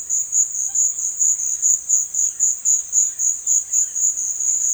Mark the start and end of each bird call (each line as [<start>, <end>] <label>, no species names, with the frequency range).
[0.00, 4.73] bird call (0.4-4.6 kHz)